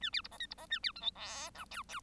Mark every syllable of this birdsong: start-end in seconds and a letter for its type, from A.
0.01-0.10 A, 0.12-0.21 B, 0.24-0.28 C, 0.31-0.38 D, 0.40-0.46 E, 0.50-0.54 C, 0.57-0.66 D, 0.70-0.79 A, 0.83-0.92 B, 0.95-1.01 F, 1.01-1.11 G, 1.15-1.50 H, 1.54-1.65 I, 1.71-1.83 J, 1.89-2.00 J